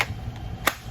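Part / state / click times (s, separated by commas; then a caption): handgun into kydex holster / seated / 0.0 s, 0.7 s. A handgun is pushed into a curved kydex holster and snaps into place, seated and staying put. Sharp clicks land at 0.0 s and 0.7 s, with a fainter tick near 0.4 s between them.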